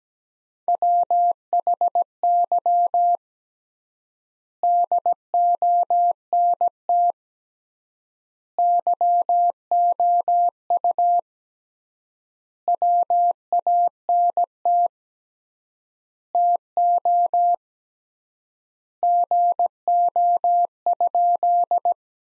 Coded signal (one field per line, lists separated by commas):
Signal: Morse code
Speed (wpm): 17 wpm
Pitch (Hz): 700 Hz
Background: none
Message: WHY DONT YOU WANT TO GO?